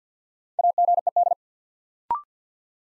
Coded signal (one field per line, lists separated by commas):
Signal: Morse code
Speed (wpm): 48 wpm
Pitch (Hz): 700 Hz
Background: none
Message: AGED